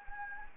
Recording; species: mosquito wingbeat signal from an infrared sensor; Anopheles gambiae